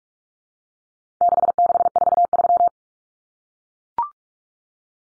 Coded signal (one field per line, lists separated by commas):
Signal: Morse code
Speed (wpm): 44 wpm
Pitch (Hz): 700 Hz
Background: none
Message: 6643